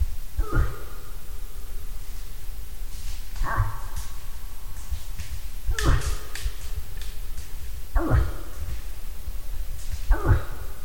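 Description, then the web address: Moose calling with five short, coarse grunts, each falling in pitch, repeated roughly every two to three seconds. "hirvi. nisakkaiden-aania-7-osa-hirvi"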